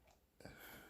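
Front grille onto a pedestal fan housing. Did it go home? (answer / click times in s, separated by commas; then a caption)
no / none. A plastic front grille is handled and pressed onto the housing of a Lasko 4-speed pedestal fan during tool-free assembly. A quiet stretch gives way at about 0.4 s to a sudden broadband rustle of handling that continues to the end. Nothing has seated or clicked yet.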